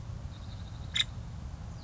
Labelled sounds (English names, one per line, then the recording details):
Nuttall's Woodpecker
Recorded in Sonoma County, California